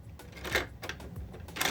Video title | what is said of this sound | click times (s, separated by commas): LEGO Indiana Jones / Raiders of the Lost Ark Temple of the Golden Idol independent fan review! 77015 | quite good locks into place either way | 0.6 s, 1.6 s